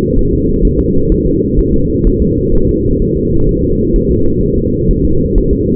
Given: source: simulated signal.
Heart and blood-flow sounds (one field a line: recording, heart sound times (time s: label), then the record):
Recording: fetal heart sounds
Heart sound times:
0.19 s: S1
0.33 s: S2
0.65 s: S1
0.80 s: S2
1.12 s: S1
1.27 s: S2
1.59 s: S1
1.74 s: S2
2.07 s: S1
2.22 s: S2
2.55 s: S1
2.69 s: S2
3.02 s: S1
3.17 s: S2
3.49 s: S1
3.64 s: S2
3.96 s: S1
4.11 s: S2
4.43 s: S1
4.58 s: S2
4.91 s: S1
5.05 s: S2
5.38 s: S1
5.53 s: S2
From the record:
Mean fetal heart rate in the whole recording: 130 bpm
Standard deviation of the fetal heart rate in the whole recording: 4 bpm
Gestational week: 38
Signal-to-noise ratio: -16.4 dB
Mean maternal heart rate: 72 bpm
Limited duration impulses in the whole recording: present